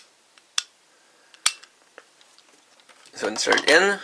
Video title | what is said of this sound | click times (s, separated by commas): Toku Toy Theory Ep. 2 (Astro Switches 1-10 + Fourze Elek State) | And this one is based on a radar tuning knob which activates by rolling it forward until it snaps into place. | 0.6 s, 1.5 s